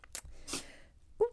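A single short, sharp, hissing burst of air from a small puppy sneezing, heard faintly in a quiet indoor room. A soft click comes just before it and a brief squeaky sound at the end.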